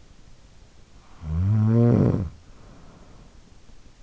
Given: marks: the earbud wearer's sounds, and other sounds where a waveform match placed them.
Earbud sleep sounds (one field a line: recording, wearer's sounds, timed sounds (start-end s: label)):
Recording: sounds in sleep by an in-ear microphone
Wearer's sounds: snoring breath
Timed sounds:
0.61-3.57 s: snoring breath